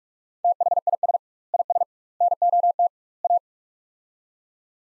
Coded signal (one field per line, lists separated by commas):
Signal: Morse code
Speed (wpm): 42 wpm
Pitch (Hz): 700 Hz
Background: none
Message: THIS IS NOT A